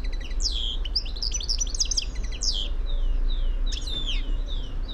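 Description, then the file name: European goldfinch twittering, bright, loud, slurred chirps tumbling in quick succession, pausing briefly and then resuming with downward-sweeping notes, over low steady noise. "Carduelis carduelis"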